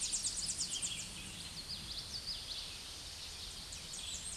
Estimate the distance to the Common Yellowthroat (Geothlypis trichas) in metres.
about 25 m